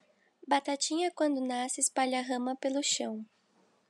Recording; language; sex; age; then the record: short text; Brazilian Portuguese; female; 18 to 19 years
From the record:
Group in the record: control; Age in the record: 18 years